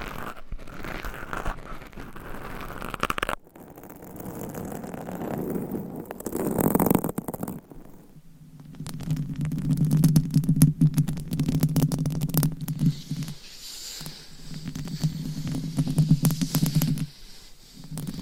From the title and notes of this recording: ASMR Mic Scratching Test 10 Mics - 10 Levels Intense. Asmr No Talking.